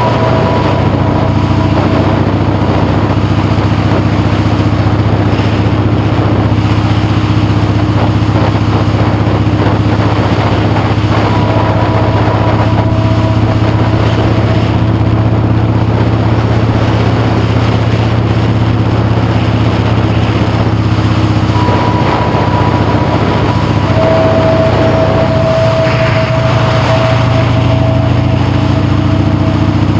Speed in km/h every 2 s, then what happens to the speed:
37, 44, 40, 42, 44, 47, 42, 45, 47, 42, 42, 42, 35, 37, 39.
0-16 speeds up to 47. 16-24 slows to 35. 24-30 steady at about 37.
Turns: none.